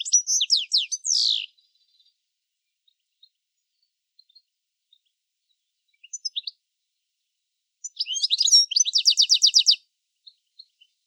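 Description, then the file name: European goldfinch twitter: a short burst of sliding chirps, scattered faint ticks, then a dense liquid trilled phrase of rapid repeated notes. "Carduelis carduelis"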